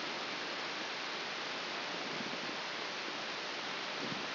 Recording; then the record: brain microelectrode recording played as sound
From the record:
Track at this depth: inside the subthalamic nucleus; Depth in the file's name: 3.898 mm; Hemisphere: left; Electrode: 3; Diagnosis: Parkinson's disease